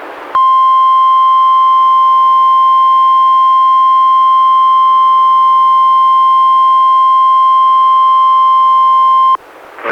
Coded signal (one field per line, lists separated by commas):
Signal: Emergency Alert System (SAME) tones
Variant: 1050 Hz attention tone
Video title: EAS #139: NWR Required Weekly Test- Oct. 19, 2016- 11:00AM PDT